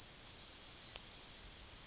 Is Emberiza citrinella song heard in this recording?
yes